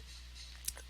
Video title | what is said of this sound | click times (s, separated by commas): AJ's Desktop Computer Build | now the iio shield ended up being a little bit of a pain in the butt to get it to pop into place but it finally went | 0.7 s, 0.8 s